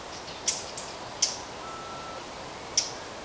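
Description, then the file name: Eurasian blackcap calls: three hard, dry clicking tacks spaced irregularly over a steady hiss, with faint high chirps. "Sylvia atricapilla"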